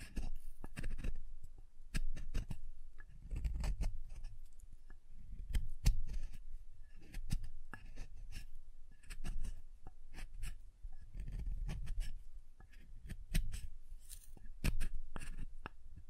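Soap is tapped and carved in a steady run of crisp, sharp clicks and scrapes, some single and some in quick clusters, coming every fraction of a second. A soft low rumble swells and fades underneath, strongest around four, twelve and fifteen seconds.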